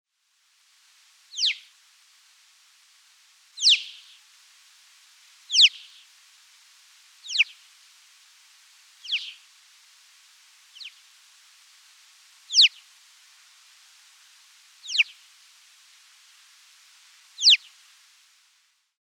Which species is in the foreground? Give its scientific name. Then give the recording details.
Pyrrhocorax graculus. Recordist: Tembrock, Günter. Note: Rufe